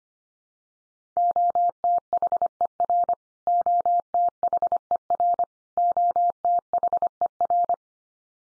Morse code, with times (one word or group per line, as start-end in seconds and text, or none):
1.2-3.1 OTHER
3.5-5.4 OTHER
5.8-7.7 OTHER